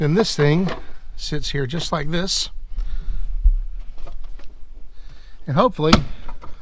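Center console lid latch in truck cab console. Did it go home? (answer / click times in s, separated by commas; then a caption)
no / none. A center console lid latch in the cab of a Dodge Ram 2500 4x4 pickup with the 8.0 V10 is handled while someone talks, with a few faint knocks and short handling noises in between. The lid is being worked toward its latch, but nothing has seated or clicked yet.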